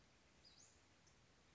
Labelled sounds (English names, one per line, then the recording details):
Western Flycatcher
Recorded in Sonoma County, California